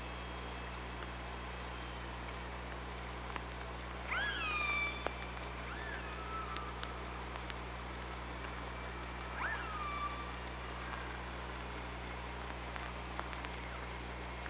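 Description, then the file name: Killer whale calls: a rising, then falling, harmonic call, a softer one after it, and another later, with sparse clicks and constant low hum. Recorded on an OrcaLab hydrophone on 24 August 2017. "Orca Lab 20170824"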